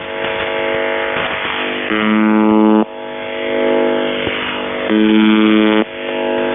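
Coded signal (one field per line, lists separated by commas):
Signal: channel marker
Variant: UVB-76 (The Buzzer)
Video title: Kerro malfunction and beeps and screaming and morse code in the background on the buzzer 4625khz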